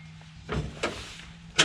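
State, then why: Not seated. The slide-out stove tray in a camper galley, whose latch holds it secure while driving, is worked by hand, giving knocks and scrapes near 0.5–0.6 s and 0.8 s and a sharper, louder hit at 1.6 s over a steady low hum. The tray has not latched yet; nothing has seated or clicked by the end of the clip.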